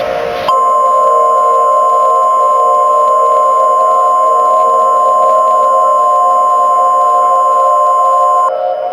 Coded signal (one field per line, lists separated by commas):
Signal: Emergency Alert System (SAME) tones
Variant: 1050 Hz attention tone